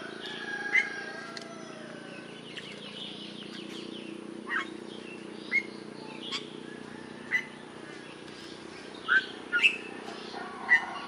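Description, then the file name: Bali myna giving sharp, isolated chirps spaced a second or two apart over a steady low hum. "jalak bali"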